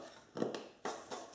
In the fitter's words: then pop your base on, make sure it clicks on, and